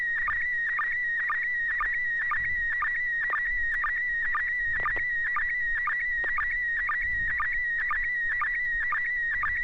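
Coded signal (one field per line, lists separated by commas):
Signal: SSTV (slow-scan television)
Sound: steady high warbling tone with quick low blips about twice a second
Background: low hum, occasional thumps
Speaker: Yeah, I have a photo. Um, it's good to hear you, uh, Chris. I think you're, uh, George's, uh, son, so it's good to hear you on the net. Um, welcome. So, this is going to be, uh,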